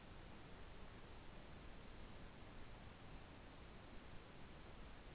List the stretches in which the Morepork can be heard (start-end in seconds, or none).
none